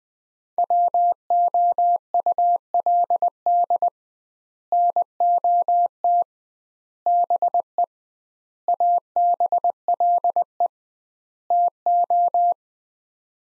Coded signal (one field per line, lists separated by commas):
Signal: Morse code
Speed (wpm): 20 wpm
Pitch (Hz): 700 Hz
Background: none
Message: WOULD NOT BE ABLE TO